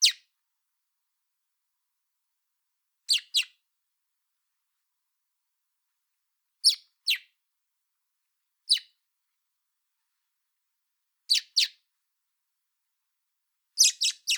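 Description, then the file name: Common blackbird giving sharp, high, descending chips, mostly in quick pairs, every few seconds over a quiet background. "Turdus merula"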